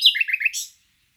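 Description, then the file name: Common nightingale song: a short burst of a few quick chirps and a brief buzzy note. "Luscinia megarhynchos"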